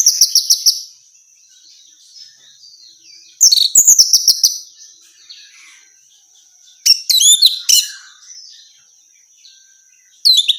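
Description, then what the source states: Orange-headed thrush song delivered in short bursts of quick, mixed whistles and twitters roughly every three seconds, with quiet gaps and a steady high background tone. Female; recording meant for therapy or training.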